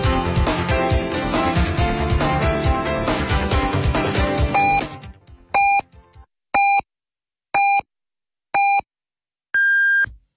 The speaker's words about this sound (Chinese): 北京城市广播1073，请您准确对时，现在是北京时间14点整，广播1073在你身边。